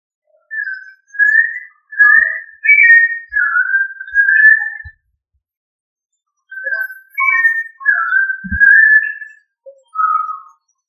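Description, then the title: Thrush song: two bursts of clear whistled phrases around mid pitch, rich warbled notes run together for about four seconds, a pause, then a second similar phrase with a sharp click. "Familia Turdidae - Sabia"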